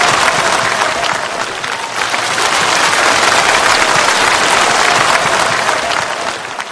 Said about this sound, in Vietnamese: A Di Đà Phật, xin quý vị cho một tràng pháo tay thật lớn để chào đón bác sĩ Đỗ Hồng Ngọc.